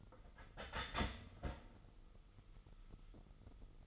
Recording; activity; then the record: daily activity, microphone in the room; start toaster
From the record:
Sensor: 4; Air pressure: 989.4 hPa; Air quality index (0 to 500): 216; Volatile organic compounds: 67 ppm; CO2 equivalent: 3493 ppm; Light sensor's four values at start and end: 24/85/31/33 and 24/84/31/33